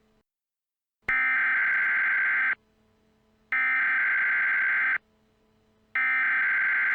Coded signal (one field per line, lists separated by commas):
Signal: Emergency Alert System (SAME) tones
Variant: header bursts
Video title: EAS | The Attack IV